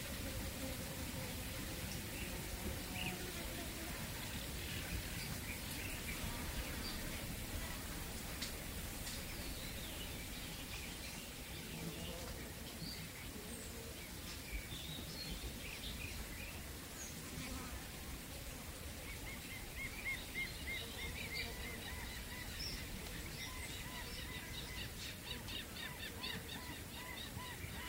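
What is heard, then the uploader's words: Waves lap against the shore in a steady, dense wash of low rumble and hiss that never lets up. Birds sing over it with scattered chirps early on, then a quick, regular run of bright repeated calls from about twenty seconds to the end. The soothing sounds of birds singing and waves lapping against the shore. This episode features only natural sounds with no dialogue or voice.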